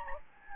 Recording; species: mosquito wingbeat signal from an infrared sensor; Anopheles gambiae